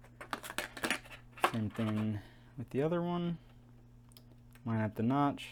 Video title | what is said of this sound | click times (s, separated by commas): Intel NUC Memory and M.2 Hard Drive install with windows 10 and CSGO Game Test | push it in and push down until you hear it snap into place | 0.3 s, 0.6 s